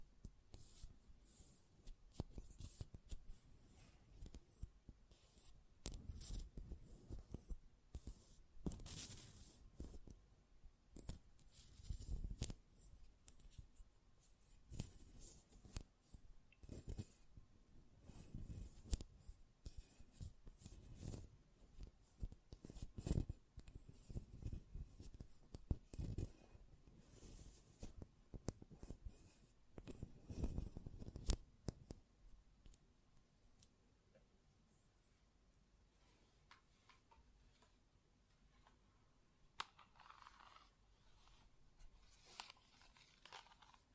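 Close metallic clicks, scrapes and clatters come in dense irregular bursts for about thirty seconds, then thin to a faint hiss with one brief scrape.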